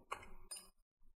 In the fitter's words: I start pressing down the sides you're gonna hear some clicking sound that's normal